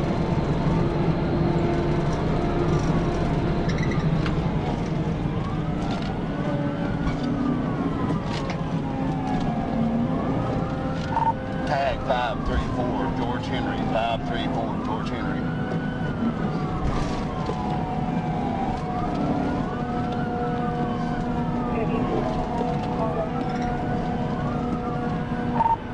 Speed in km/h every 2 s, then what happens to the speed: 184, 184, 145, 137, 137, 134, 134, 130, 127, 130, 127, 127, 126.
2-6 brakes to 137. 6-26 steady at about 130.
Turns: none.